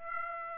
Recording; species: mosquito wingbeat signal from an infrared sensor; Aedes aegypti